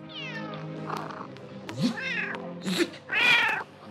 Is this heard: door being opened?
no